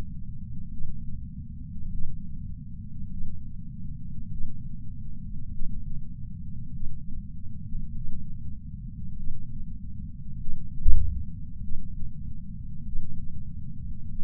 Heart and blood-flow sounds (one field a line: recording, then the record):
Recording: heart sounds by patch sensor on the chest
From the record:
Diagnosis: coronary artery disease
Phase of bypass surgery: intraoperative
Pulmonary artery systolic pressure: 33 mmHg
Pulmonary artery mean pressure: 24 mmHg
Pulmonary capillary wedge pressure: 16 mmHg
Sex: male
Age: 71 years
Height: 160 cm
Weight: 67 kg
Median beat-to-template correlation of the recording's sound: 0.94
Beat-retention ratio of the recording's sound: 0.98